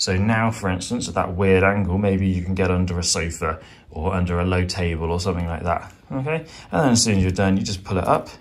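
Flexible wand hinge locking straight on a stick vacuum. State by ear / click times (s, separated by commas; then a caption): not seated / none. Someone talks while handling the bent flexible wand of a Shark cordless stick vacuum, pulling it back upright so its hinged plastic joint can lock straight. Only speech is heard, and the clip ends before the joint snaps into place, so nothing has seated yet.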